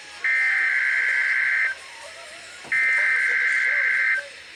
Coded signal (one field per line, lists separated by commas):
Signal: Emergency Alert System (SAME) tones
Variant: header bursts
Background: speech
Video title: WXL52 Weekly Test (3/31/21)(EAS 644)